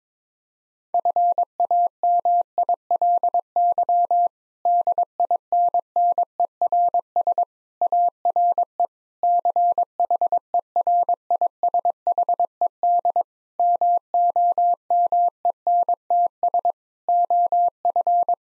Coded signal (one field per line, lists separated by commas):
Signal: Morse code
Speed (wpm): 22 wpm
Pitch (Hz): 700 Hz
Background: none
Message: FAMILY DINNERS ARE CHERISHED MOMENTS OF